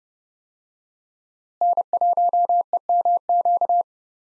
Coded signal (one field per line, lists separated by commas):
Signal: Morse code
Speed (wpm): 31 wpm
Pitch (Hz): 700 Hz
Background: none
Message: N1EMQ